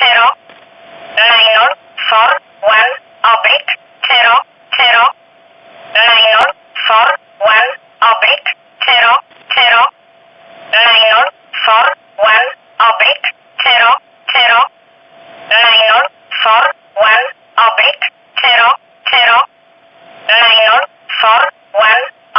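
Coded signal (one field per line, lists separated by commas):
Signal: numbers station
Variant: E11, English voice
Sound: clipped voice reading single words at an even pace, with a faint steady hum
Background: radio static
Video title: 19 06 2019 E11 Oblique Numbers station in English 0640 on 15800 unknown tx site in USB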